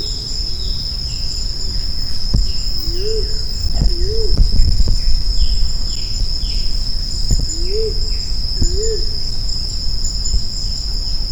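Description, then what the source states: Grey imperial pigeon calling in paired low, rising-and-falling hoots, two pairs spaced several seconds apart, against continuous shrill insect buzzing and faint chirps. Recorded on Maratua.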